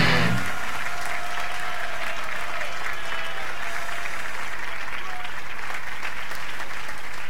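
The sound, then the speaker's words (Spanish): Steady audience applause, a dense wash of many hands clapping at a constant loud level for several seconds, with faint whoops and cheers mixed in. “Y así, entre aplausos, pasamos a la recta ya finalísima de este...”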